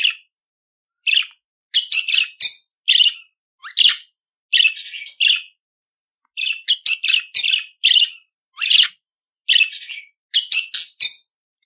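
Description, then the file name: Budgerigar song: choppy phrases of buzzy chirps, rasps and rising squeaks, delivered in short irregular bursts separated by brief pauses. "Canto do periquito australiano"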